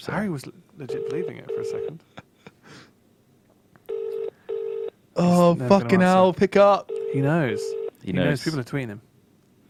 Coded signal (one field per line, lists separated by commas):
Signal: telephone call progress tone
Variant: UK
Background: speech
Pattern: ringback tone